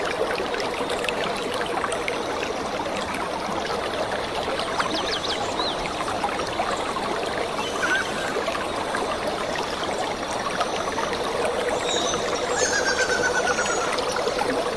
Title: The pure stream and lovely birds in the rainy forest are very comfortable